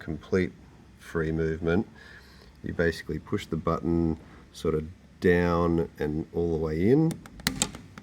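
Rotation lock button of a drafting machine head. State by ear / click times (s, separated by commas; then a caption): released / 7.5 s. Someone talks while pushing the rotation lock button on the protractor head of a Tecnostyl 628B drafting machine down and all the way in. A sharp click comes at 7.5 s, followed by a few quieter clicks. The head is released and now rotates freely.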